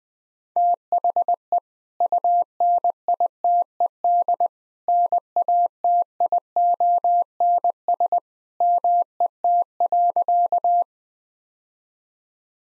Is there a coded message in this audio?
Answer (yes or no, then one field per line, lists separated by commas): yes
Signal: Morse code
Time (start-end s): 0.6-10.8 s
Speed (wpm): 20 wpm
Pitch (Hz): 700 Hz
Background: none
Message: THE UNITED NATIONS MET.